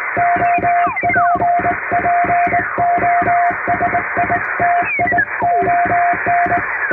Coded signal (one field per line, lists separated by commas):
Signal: Morse code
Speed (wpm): 20 wpm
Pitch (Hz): 700 Hz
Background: music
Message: OPPOSITION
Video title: 【実演！通信士がモールス符号を打つ】欧文ＣＷを縦振り電鍵ＨＫ－８０８で叩いてみました。生身のモールス信号で受信練習をしてみませんか(training for radio operator)